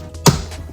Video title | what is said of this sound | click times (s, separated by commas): How to Change the Cabin Air Filter on Jeep Wrangler JL & Gladiator JT | you hear a pop and it comes out like that so | 0.3 s